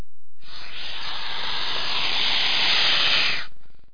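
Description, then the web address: Snake hissing: one steady, breathy hiss lasting about three seconds, starting abruptly and cutting off sharply. "webster. SNAKE"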